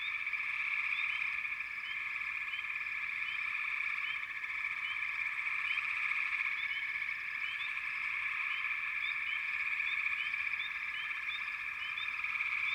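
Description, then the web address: Frog chorus, a dense continuous trill of many callers with short rising chirps scattered on top, steady throughout. "Natures Songs Sleep Sounds of Nature FROGS Frog Chourus"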